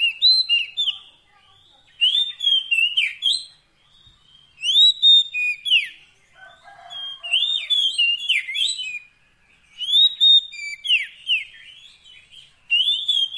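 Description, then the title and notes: Oriental magpie-robin singing clear whistled phrases in separate bursts of a second or two, broken by silent gaps, with rapid chattering notes mixed in. Long-duration fill-in (isian) song of kacer, meant to make the bird sing vigorously (gacor) day and night. "Kacer Jadi Gacor Siang Malam. Isian Kacer Durasi Panjang"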